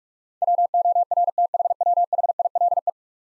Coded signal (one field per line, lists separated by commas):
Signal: Morse code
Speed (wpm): 46 wpm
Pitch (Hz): 700 Hz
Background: none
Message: WORTHWHILE